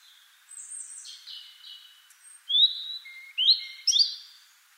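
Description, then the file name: European robin giving a soft, thin descending warble, then a few sharper, louder high notes. "Erithacus rubecula"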